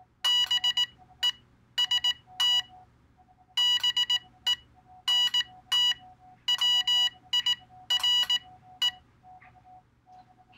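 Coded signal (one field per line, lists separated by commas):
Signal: Morse code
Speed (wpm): 18 wpm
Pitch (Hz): 2950 Hz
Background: none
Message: BEST BENTWIRE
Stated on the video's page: Morse sent with an iambic paddle into a Teensy 2.0 USB keyboard adapter that types on a computer.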